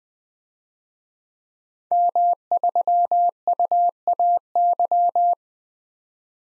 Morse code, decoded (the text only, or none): M3UAY